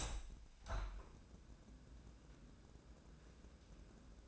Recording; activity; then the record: daily activity, microphone in the room; open window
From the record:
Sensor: 2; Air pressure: 1012.2 hPa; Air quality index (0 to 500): 126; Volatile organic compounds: 1 ppm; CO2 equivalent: 934 ppm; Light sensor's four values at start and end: 158/380/159/165 and 154/370/155/162